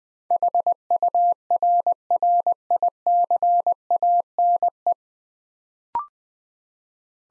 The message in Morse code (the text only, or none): HURRICANE